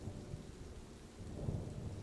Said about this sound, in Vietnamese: Bên ngoài căn nhà lá lúc này mưa như trút nước